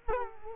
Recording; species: mosquito wingbeat signal from an infrared sensor; Culex quinquefasciatus